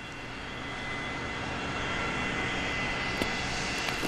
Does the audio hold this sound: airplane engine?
yes